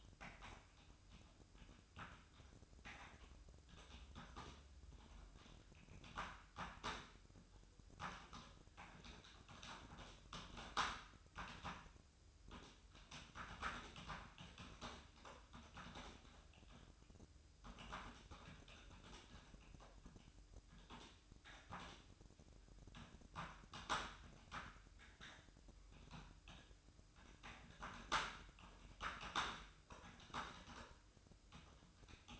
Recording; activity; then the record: daily activity, microphone in the room; typing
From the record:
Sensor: 2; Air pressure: 1007.5 hPa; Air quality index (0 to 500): 43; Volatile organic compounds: 1 ppm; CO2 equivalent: 549 ppm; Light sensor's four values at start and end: 9/22/9/10 and 9/21/8/9